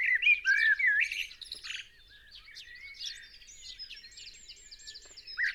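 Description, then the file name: Common blackbird song: mellow warbled fluting phrases in the opening two seconds, then high twittering notes through the rest. "Turdus merula"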